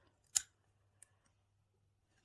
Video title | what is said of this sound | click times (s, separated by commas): Be Like Bonnie! instasmile classic veneers review A1 | you can hear the click | 0.4 s